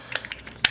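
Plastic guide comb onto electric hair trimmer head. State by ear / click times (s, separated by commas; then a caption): seated / 0.7 s. A plastic guide comb (guard) is slid onto the head of an electric hair trimmer, a fit that is a bit hard to get on and off. A few small scraping ticks come first, then a single sharp, loud click at 0.6 s as the guard clicks into place and stays sturdy.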